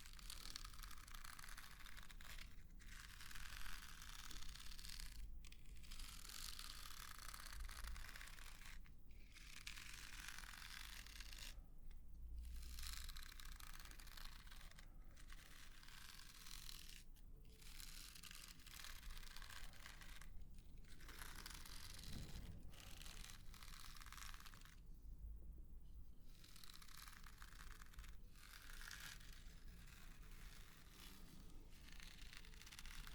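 Dense, crisp face brushing with crinkling runs almost nonstop, broken by brief pauses every few seconds, over a steady low hum.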